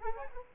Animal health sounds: mosquito wingbeat signal from an infrared sensor; Culex quinquefasciatus

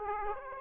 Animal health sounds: mosquito wingbeat signal from an infrared sensor; Aedes aegypti

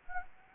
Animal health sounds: mosquito wingbeat signal from an infrared sensor; Anopheles arabiensis

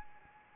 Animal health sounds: mosquito wingbeat signal from an infrared sensor; Anopheles arabiensis

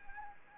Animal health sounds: mosquito wingbeat signal from an infrared sensor; Anopheles arabiensis

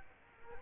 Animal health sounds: mosquito wingbeat signal from an infrared sensor; Culex quinquefasciatus

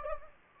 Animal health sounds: mosquito wingbeat signal from an infrared sensor; Anopheles gambiae

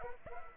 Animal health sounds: mosquito wingbeat signal from an infrared sensor; Aedes aegypti

